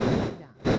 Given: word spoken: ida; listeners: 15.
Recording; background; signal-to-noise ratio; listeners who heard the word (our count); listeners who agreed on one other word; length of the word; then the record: one Spanish word in noise, from a listening test; noise modulated by one talker; -10.7 dB; 3 of 15; 6 of 15; 0.39 s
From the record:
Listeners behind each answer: 6, 4, 3, 1, 1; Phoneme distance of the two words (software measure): 10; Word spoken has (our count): 2 syllables, 3 phonemes, stress on syllable 1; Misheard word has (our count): 2 syllables, 3 phonemes, stress on syllable 1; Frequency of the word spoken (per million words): 12.17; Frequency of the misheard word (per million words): 18.25